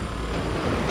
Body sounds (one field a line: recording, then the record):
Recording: background sound without coughing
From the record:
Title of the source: 30 MINUTES Construction Site Ambience (CC BY 4.0)